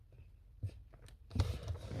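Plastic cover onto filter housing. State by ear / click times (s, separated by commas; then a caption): not seated / none. The plastic cover of a filter housing on a Mitsubishi Lancer X 2.0 DI-D is handled and pressed on during an oil and filter change. Faint handling noises and a soft knock near 0.6 s are followed by a louder broadband scrape of plastic from about 1.3 s, peaking at 1.4 s. Nothing has clicked or seated yet.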